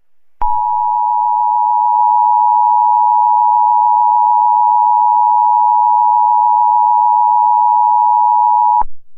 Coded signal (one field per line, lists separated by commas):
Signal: Emergency Alert System (SAME) tones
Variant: 853 and 960 Hz attention tone